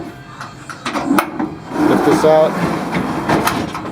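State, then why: Seated. A sliding storage drawer in an SUV cargo storage unit is pushed back home while someone talks, with a series of short knocks and sliding rattles as it moves. Its single lock point latches with a short, sharp click at 3.5 s, locking the drawer in place.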